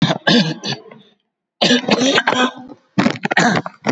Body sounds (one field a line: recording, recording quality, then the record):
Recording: shallow voluntary cough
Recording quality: moderate, slight background noise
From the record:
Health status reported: COVID-19 positive, mild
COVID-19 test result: positive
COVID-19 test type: RT-PCR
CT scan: not taken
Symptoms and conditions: cough, fever, muscle pain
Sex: male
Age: 83 years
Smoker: no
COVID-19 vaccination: both doses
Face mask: not worn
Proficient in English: yes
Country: India